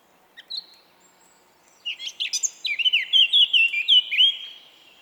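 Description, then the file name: Eurasian blackcap song: two short chips, a pause, then a hurried warble ending in a sequence of loud, clear, fluted whistles. "Sylvia atricapilla"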